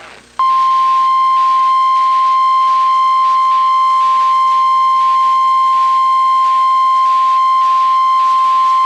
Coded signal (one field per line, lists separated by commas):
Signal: Emergency Alert System (SAME) tones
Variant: 1050 Hz attention tone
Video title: EAS catch #1 - Snow Squall warning for northern Ohio 1/27/26